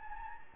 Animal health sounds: mosquito wingbeat signal from an infrared sensor; Anopheles gambiae

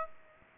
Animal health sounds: mosquito wingbeat signal from an infrared sensor; Aedes aegypti

